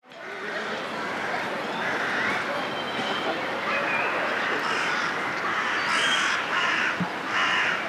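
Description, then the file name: Crows caw together in a thick, overlapping chorus of rough calls, with a few louder harsh caws standing out toward the end. Many birds calling together in a chorus. "Un choeur de corbeaux"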